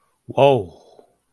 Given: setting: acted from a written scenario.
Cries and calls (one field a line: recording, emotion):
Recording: vocal sound without words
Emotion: adoration